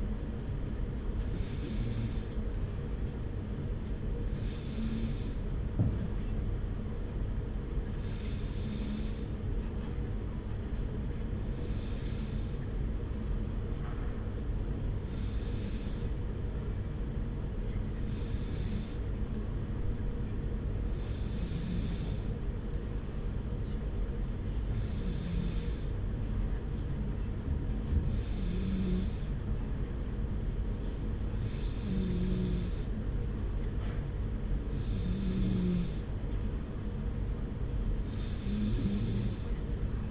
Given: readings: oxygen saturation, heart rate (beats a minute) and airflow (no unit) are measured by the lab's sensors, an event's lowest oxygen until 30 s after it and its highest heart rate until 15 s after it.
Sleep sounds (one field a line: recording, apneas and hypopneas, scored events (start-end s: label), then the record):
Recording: breathing in sleep by a smartphone at the bedside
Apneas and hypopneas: none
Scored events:
2.00-32.00 s: new sleep stage, N1 (lightest sleep)
32.00-40.11 s: new sleep stage, N2 (light sleep)
From the record:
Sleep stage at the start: N2 (light sleep)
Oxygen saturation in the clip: 93 to 95%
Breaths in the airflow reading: 12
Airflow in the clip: -0.9 to 0.9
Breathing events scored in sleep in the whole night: 335 in 6.7 hours asleep